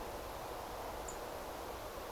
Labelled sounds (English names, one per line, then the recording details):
Song Thrush
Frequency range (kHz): Song Thrush 6.7-9.6 kHz
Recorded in France